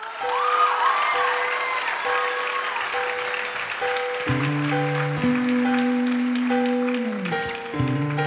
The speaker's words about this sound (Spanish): Muchas gracias, muchas, muchas gracias. Gracias a todos los músicos. Un aplauso para ellos.